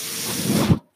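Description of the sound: A steady rushing hiss of air, about 0.8 seconds long, swells slightly toward the end and then stops abruptly. This is the airflow of a home mechanical ventilator delivering a breath to the person who uses it, with no speech over it.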